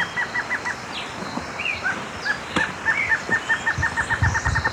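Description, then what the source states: Northern slaty-antshrike song: a short run of repeated notes, then a longer series of similar notes, with other birds calling. Recorded in Ecuador, South America.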